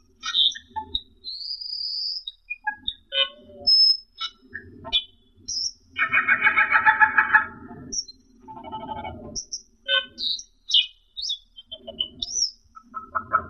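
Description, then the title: Asian glossy starling song with squeaky whistles and chirps plus a loud harsh rattling burst midway, over a low background rumble. "Suara Burung Cucak keling"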